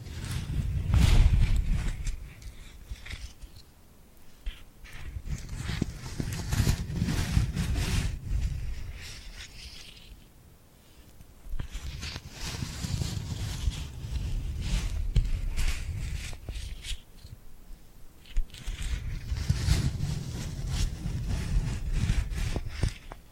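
Tingly glued hand sounds: sticky rubbing and crackling peels come in waves every few seconds, with soft low thumps and brief quieter pauses between.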